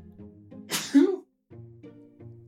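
One adult sneeze: a sharp, hissing burst and a brief squeaky voiced tail that sounds pretty animated, over a faint steady hum.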